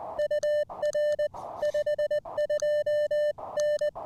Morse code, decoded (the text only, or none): UR 52N